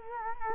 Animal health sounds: mosquito wingbeat signal from an infrared sensor; Culex quinquefasciatus

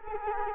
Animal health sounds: mosquito wingbeat signal from an infrared sensor; Culex quinquefasciatus

